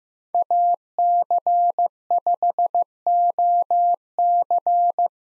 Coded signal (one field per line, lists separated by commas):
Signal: Morse code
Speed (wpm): 15 wpm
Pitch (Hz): 700 Hz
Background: none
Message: AC5OC